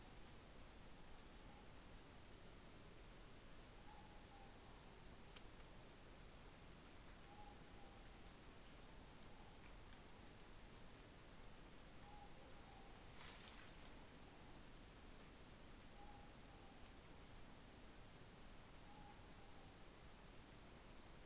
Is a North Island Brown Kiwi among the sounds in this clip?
no